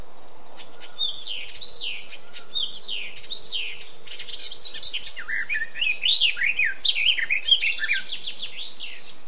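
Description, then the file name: Eurasian blackcap song: a long, fluent warble of varied chattering and whistled notes that grows fuller as it continues. "Sylvia atricapilla"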